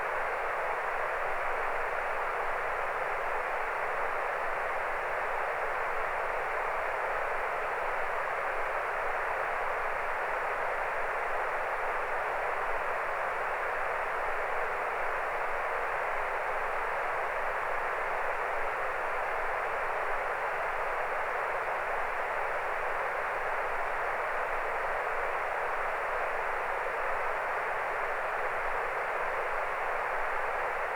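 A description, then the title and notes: Pink noise limited to a band from about 400 Hz to 2.5 kHz, a steady hiss held at one level for the full half minute. Little sits below or above that band, giving a hollow, radio-like rush with no events or changes. Pink noise Limited (400 Hz do 2.5 KHz). Nová vysoko kvalitný zvuk šek na ružový šum (band obmedzený) kalibračné úroveň.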